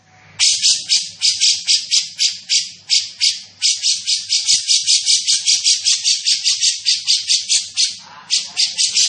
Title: Cucak Jenggot Gacor 1. Cucak Jenggot Gacor, Suara Rapat Dan Jernih